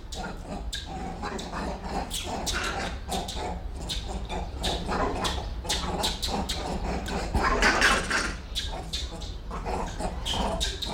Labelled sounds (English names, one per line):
Grivet